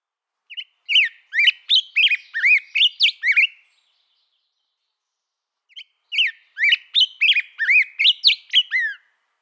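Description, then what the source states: Black-headed grosbeak song: two bursts of rich whistled phrases, rising and falling with quick varied notes, separated by a pause of about two seconds. Whistled song rising and falling like an American robin's but longer, sweeter, more varied and less choppy in its phrases.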